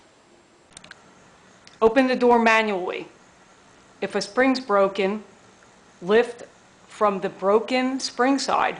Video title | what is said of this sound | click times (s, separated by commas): How to Get the Right Size Garage Door Spring | Pull on it and you should hear a clicking sound as the door disengages from the opener. | 0.8 s, 0.9 s